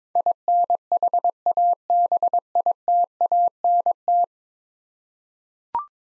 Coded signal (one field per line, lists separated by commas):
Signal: Morse code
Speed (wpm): 22 wpm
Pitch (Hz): 700 Hz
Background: none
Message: INHABITANT